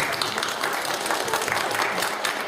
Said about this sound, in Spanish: Pero el aplauso más fuerte, por favor, para Paco Jiménez.